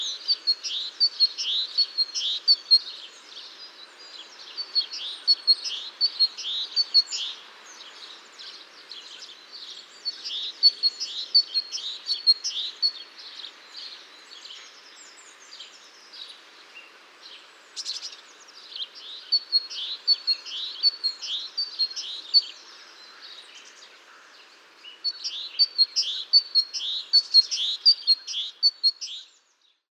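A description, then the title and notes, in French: A great tit sings repeated bright, rhythmic phrases of quick paired notes, in bursts at the start, around 10 seconds, around 19 seconds and again near 26 seconds. Softer chirps from other birds fill the gaps over a faint steady background hiss. Mésange charbonnière.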